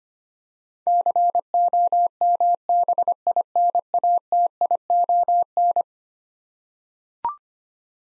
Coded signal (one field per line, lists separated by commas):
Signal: Morse code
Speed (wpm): 25 wpm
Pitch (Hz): 700 Hz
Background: none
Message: COMBINATION